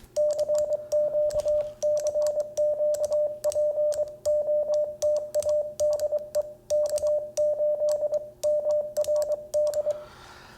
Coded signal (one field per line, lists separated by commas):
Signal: Morse code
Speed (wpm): 21 wpm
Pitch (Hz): 600 Hz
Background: radio noise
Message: CQ CQ POTA DE K8MRD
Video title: Let's Restore This Vibroplex Paddle. Cheap Ham Swap Find!